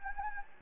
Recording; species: mosquito wingbeat signal from an infrared sensor; Anopheles gambiae